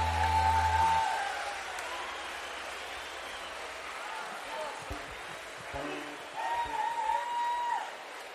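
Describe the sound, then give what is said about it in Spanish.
An audience at the live La Peña Trashumante 2015 show breaks into sustained applause for a performer, a dense steady wash of clapping lasting several seconds, with a bright held tone rising over it at the start and again near the end. “Un aplauso muy fuerte para él.”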